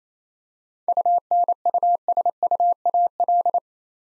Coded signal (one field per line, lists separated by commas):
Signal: Morse code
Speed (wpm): 28 wpm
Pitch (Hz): 700 Hz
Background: none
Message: UNUSUAL